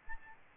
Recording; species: mosquito wingbeat signal from an infrared sensor; Aedes albopictus